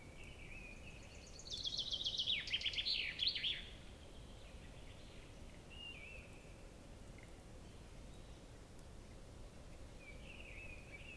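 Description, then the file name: Common chaffinch song: a loud, rapid trilled phrase ending in a short flourish, with fainter bird sounds before and after it. "Fringilla coelebs"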